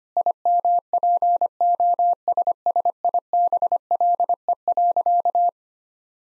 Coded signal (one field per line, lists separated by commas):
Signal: Morse code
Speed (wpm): 25 wpm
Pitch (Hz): 700 Hz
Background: none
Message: IMPOSSIBLE.